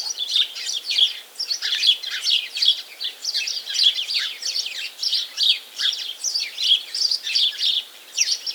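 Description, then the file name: House sparrow calls, a steady stream of sharp, high chirps tumbling over one another with short gaps. "Passer domesticus"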